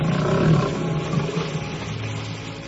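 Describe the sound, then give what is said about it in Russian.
Distant lions roar from the other side of a bay in a deep, rumbling, continuous growl that swells loudest in the first half-second, then carries on at a steady, throaty level with no voices present. “Страшный рев доносился с той стороны залива, но уже не приближался.”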